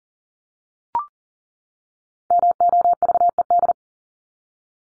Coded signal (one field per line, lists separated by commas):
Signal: Morse code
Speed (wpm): 40 wpm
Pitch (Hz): 700 Hz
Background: none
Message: MOVED